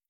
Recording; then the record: hydrophone in a shrimp aquaculture tank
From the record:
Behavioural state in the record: feeding